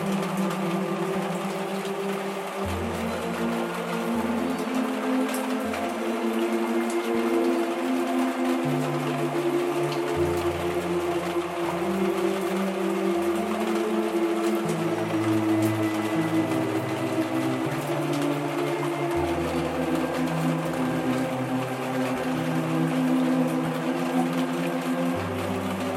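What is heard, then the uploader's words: Soft orchestral music holds steady, with sustained low bass notes shifting every few seconds under a constant light patter like rain on leaves. Soothing sleep music and calming rain sounds. In this episode, we feature soft symphonies, accompanied by the gentle sounds of raindrops falling on leaves.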